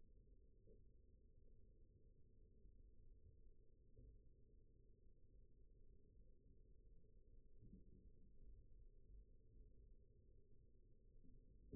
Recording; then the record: forearm muscle sounds (acoustic myography)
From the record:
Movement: rest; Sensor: system 1, eight BSWA MPA416 microphones around the upper forearm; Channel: 4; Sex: male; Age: 20 years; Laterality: left